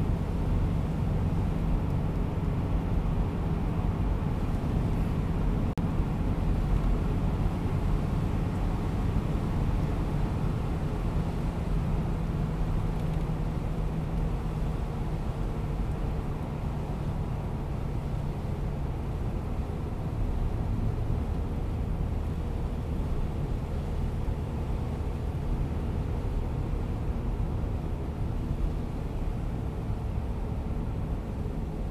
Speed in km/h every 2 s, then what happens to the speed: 88, 89, 90, 90, 91, 91, 86, 82, 79, 75, 73, 74, 75, 74, 70, 67.
0-11 steady at about 90. 11-18 slows to 75. 18-26 steady at about 74. 26-32 slows to 67.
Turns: none.